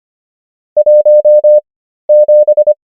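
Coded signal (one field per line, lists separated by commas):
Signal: Morse code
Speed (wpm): 25 wpm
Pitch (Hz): 600 Hz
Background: none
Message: 17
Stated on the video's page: Morse number practice at 25 wpm character speed and 13 wpm word speed (Farnsworth spacing).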